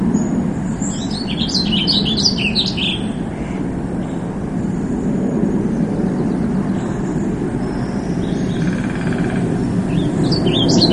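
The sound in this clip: Warbling Vireo song: a single quick, jumbled warble early on, with fainter high notes near the end, set against continuous low vehicle noise.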